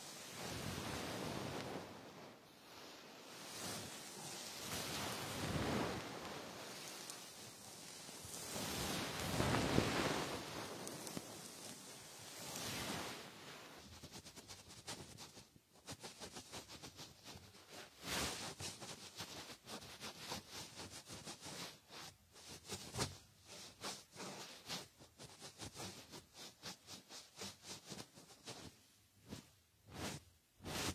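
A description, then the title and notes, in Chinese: A soft feather wand brushes over the ear in gentle, airy strokes. The first half is a steady, swelling rush that peaks near ten seconds; after that the sweeps break into quick, uneven strokes with brief gaps, growing choppier toward the end. 温柔的鹅毛棒！耳朵清洁。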